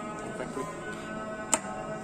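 The small lever on the pole-mount bracket of a MikroTik SXT LTE outdoor antenna unit, used as a cellular signal booster, is lowered and pushed down over a steady, music-like tonal background. A single sharp, short click sounds at 1.5 s as the lever clicks into place, and the mount is seated.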